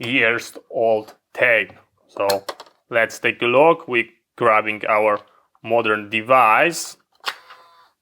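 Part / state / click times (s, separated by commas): label tape cassette into handheld label printer / seated / 7.2 s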